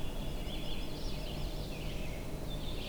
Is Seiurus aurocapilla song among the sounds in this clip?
no